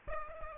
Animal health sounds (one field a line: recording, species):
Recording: mosquito wingbeat signal from an infrared sensor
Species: Aedes aegypti